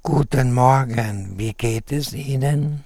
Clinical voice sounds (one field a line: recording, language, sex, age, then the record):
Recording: spoken sentence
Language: German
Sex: male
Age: 70 to 79 years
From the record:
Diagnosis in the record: recurrent laryngeal nerve paralysis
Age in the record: 77 years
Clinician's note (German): Nicht kompensiert, strumipriv